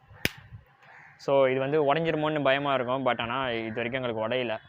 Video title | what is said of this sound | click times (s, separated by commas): Is This Best Budget Action Camera🤔 - Eken H9R | இது மூடும்போது உங்களுக்கு டப்புன்னு சத்தம் கேட்கும். இங்கே பாருங்கள். | 0.2 s